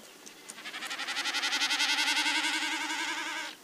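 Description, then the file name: Common snipe drumming: one bout of quick, vibrating pulses that starts soft, builds to a loud bleating hum, then cuts off sharply. "bekassine"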